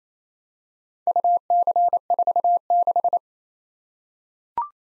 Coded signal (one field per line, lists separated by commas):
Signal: Morse code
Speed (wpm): 27 wpm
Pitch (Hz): 700 Hz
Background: none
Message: UC46